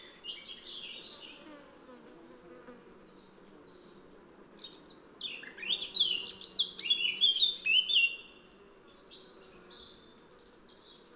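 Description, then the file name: Eurasian blackcap warbling, a quick jumble of scratchy and fluty notes rising to a louder run near the middle, with steady low background noise throughout. "Sylvia atricapilla"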